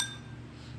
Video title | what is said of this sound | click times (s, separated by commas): Stihl Chainsaw Basic Full Service | There we go. You hear a little hear that little click? That means it went in. | 0.0 s